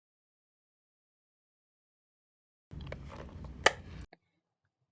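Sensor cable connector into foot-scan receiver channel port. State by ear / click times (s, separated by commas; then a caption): seated / 3.7 s. A foot-sensor cable connector is pushed into the channel port of an F-scan receiver unit. After silence, low handling noise runs from about 2.7 s to 4.1 s, with a sharp click at 3.7 s and a faint tap at 4.1 s. The connector clicks and seats in the port.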